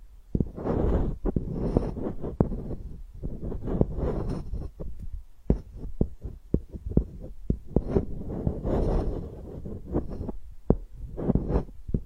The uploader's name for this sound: ear-picking experience